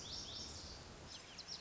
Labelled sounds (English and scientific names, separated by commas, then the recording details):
Lazuli Bunting (Passerina amoena)
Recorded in Sonoma County, California